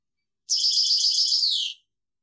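European goldfinch song: a single fast buzzy trill of high notes lasting just over a second, dipping slightly in pitch at the end.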